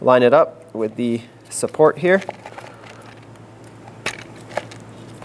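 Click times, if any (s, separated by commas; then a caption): 4.6 s. Someone talks while a new electric fuel pump for a 1997–2001 Lexus ES300 is lined up with the lower support of its fuel pump bracket and pushed in, with soft handling crackles after the talking stops. A sharp click at 4.6 s is the pump popping into the bottom support and seating properly.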